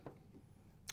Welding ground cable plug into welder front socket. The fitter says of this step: that just clicks right in like that the nice quick-connect style now